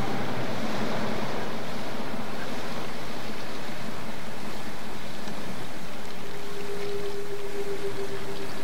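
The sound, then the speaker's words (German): A boat motor drones steadily over rushing, splashing water, a low rumbling hum with a faint tonal whine rising in the last few seconds; no voices. “Stopp den Motor.”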